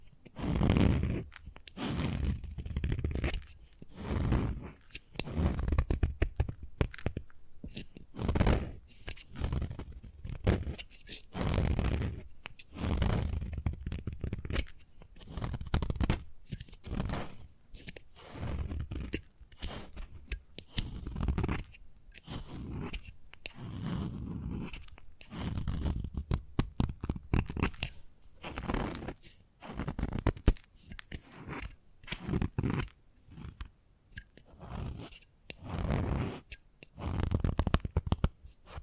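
Chalk being tapped, scratched and carved, in short gritty scrapes and crunches that come in quick bursts with brief pauses between them. Sharp taps and clicks are scattered throughout, growing denser and snappier toward the end. The activity is steady and busy for the whole span.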